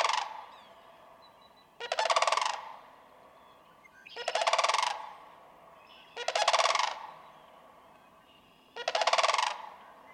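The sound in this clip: Sandhill crane calling repeatedly, five loud rattling bursts separated by short pauses over a quiet background.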